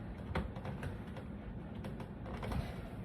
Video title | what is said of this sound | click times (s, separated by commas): 11-22-25- Live PC Upgrade! RTX 5080 + 1200w PSU🔥 | There you go. Has to click. | 0.4 s